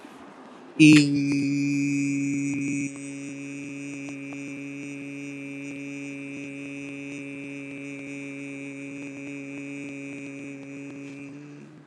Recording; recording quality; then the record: sustained vowel as in beet; excellent, no background noise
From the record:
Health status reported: healthy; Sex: male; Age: 19 years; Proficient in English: yes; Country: India